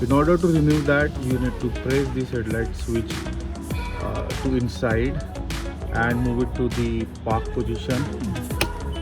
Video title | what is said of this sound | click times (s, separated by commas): Retrofitting OEM Automatic Headlight Switch on POLO/VENTO/AMEO/RAPID/YETI | and you will hear the click and just pull it back. | 8.6 s